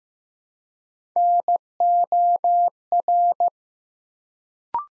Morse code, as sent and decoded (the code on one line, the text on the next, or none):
-. --- .-.
NOR